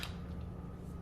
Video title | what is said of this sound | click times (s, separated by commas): Shooter Lube takes on dirty AR-10 | gonna go forward and just push it until it clicks and you're good there | 0.0 s